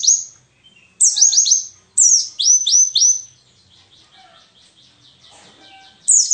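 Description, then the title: White-eye song: high descending chirps in quick groups of three or four, then a quieter spell of faint twittering before another chirp. Wild white-eye (pleci ngalas) singing 'isian' filling song, used as a tutor recording for training songbirds (masteran). "mster Mnuk. Pleci ngalas isian untuk masteran"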